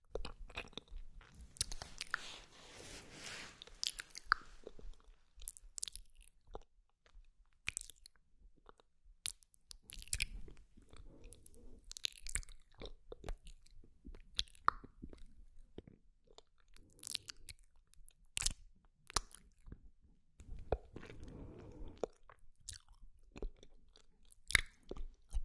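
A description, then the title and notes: Wet, close mouth sounds full of short clicks, smacks and crunchy chewing noises scattered irregularly across the clip. A denser rustling, crackly stretch comes early, around two to four seconds, and softer breathy patches return near ten, seventeen and twenty-one seconds. TINGLY MOUTH SOUNDS ASMR.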